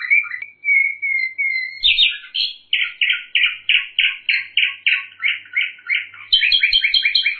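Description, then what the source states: Bird song: clear whistled opening notes, then a long run of rapid buzzy rattling phrases, ending in quick high chattering notes. Masteran tutor song.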